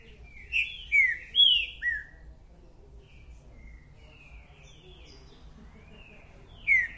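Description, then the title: Green-winged saltator song: a burst of loud, rich whistled notes falling in pitch, then quieter whistles, and one more strong phrase at the close. Songs used in a territorial dispute, the bird chirping, singing and acting aggressively male ('macheando'); a repeating singer giving one song after another; song style called 'mercenário'. "Esse É PERFEITO Para ESQUENTAR Seu TRINCA Piando, Cantando E Macheando Na DISPUTA. 🔥TRINCA FERRO REPETIDOR !! UM CANTO ATRÁS DO OUTRO!!! TRINCA FERRO MERCENARIO!"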